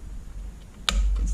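While removing the LCD backlight from an OP27 6AV3627-1LK00-1AX01 HMI display panel, the locking latch on a four-pin backlight connector is lifted. A single sharp click sounds at 0.9 s, followed by a few faint softer sounds near 1.2 s and 1.3 s. The latch clicks open and releases the connector.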